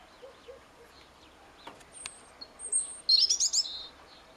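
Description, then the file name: European robin phrase near the end: a quick jumble of very high, sharp twittering notes after a couple of thin high whistles, against soft background noise. "Erithacus rubecula"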